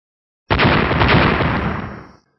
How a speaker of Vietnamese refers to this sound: Mấy tiếng nổ mạnh truyền tới từ chân trời phía xa, rồi bộc phát ra hào quang vô cùng chói mắt.